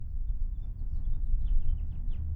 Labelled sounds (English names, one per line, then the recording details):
House Finch song
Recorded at Neponsit on Long Island, New York, on 4 June 1975
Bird A